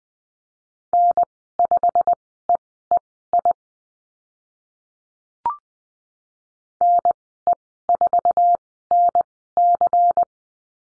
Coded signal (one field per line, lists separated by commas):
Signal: Morse code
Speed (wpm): 20 wpm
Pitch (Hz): 700 Hz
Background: none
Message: N5EEI NE4NC